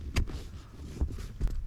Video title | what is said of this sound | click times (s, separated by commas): RAM Seat Covers - Installation and Review - DIY | the finishing touch, press the headrest down until it clicks. | 0.2 s